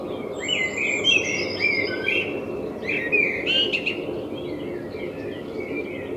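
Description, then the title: Common blackbird pouring out loud fluted phrases with chattering high notes, a thin high whistle also heard early on. Binaural recording made with a self-built dummy head, in front of the recordist's window; intended for headphone listening. "Kunstkopfaufnahme der Amsel vor meinem Fenster"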